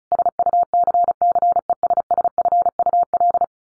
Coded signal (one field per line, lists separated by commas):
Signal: Morse code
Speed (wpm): 34 wpm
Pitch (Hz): 700 Hz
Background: none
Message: SUCCESSFUL